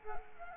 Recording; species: mosquito wingbeat signal from an infrared sensor; Culex quinquefasciatus